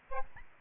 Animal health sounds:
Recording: mosquito wingbeat signal from an infrared sensor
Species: Aedes albopictus

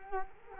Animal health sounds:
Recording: mosquito wingbeat signal from an infrared sensor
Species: Culex quinquefasciatus

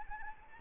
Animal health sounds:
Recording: mosquito wingbeat signal from an infrared sensor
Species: Anopheles arabiensis

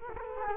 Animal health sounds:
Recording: mosquito wingbeat signal from an infrared sensor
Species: Culex quinquefasciatus

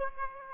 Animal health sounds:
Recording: mosquito wingbeat signal from an infrared sensor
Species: Aedes aegypti

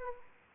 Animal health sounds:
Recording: mosquito wingbeat signal from an infrared sensor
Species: Anopheles arabiensis

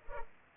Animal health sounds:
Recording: mosquito wingbeat signal from an infrared sensor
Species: Culex pipiens

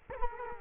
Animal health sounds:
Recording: mosquito wingbeat signal from an infrared sensor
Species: Culex quinquefasciatus

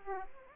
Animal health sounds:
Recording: mosquito wingbeat signal from an infrared sensor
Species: Aedes aegypti

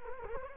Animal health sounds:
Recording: mosquito wingbeat signal from an infrared sensor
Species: Culex quinquefasciatus

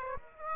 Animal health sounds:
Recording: mosquito wingbeat signal from an infrared sensor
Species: Aedes aegypti

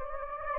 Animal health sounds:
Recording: mosquito wingbeat signal from an infrared sensor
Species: Anopheles gambiae

